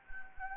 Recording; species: mosquito wingbeat signal from an infrared sensor; Anopheles gambiae